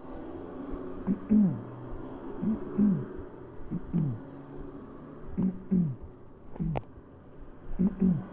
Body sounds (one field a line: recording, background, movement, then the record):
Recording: throat clearing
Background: traffic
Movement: sitting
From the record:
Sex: male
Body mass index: 20.5 kg/m2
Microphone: on the chest, facing the body